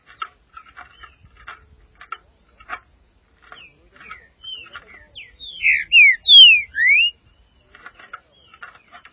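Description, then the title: Green-winged saltator song: a loud burst of four bright whistled notes sliding up and down, framed by soft ticking calls before and after. "Trinca Ferro"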